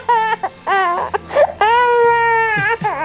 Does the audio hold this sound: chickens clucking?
no